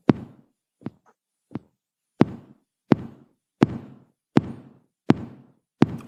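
Sinus rhythm imitated by drumming: a steady, regular beat of low-pitched thumps, about 85 per minute, as a normal heartbeat rhythm contrasted with the irregular rhythm of atrial fibrillation.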